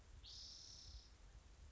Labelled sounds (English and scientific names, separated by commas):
Spotted Towhee (Pipilo maculatus)